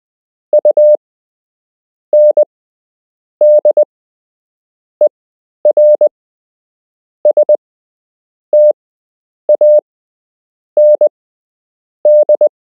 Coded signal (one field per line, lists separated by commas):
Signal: Morse code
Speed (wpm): 20 wpm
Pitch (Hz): 600 Hz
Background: none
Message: UNDERSTAND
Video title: You can learn Morse code - Part 6